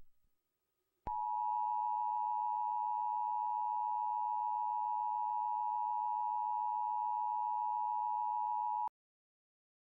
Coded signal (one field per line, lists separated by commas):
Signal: Emergency Alert System (SAME) tones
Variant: 853 and 960 Hz attention tone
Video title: How to make an EAS Scenario on Videoshop Pro!